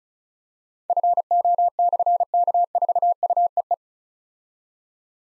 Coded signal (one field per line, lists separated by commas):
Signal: Morse code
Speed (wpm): 36 wpm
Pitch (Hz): 700 Hz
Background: none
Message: FO/K4UEE